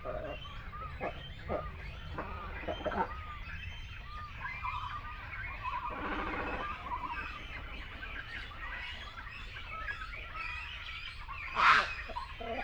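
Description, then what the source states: Dense cormorant colony chatter of rough, gargling croaks, with one brief loud harsh squawk near the end. Continental great cormorant, calling at a colony.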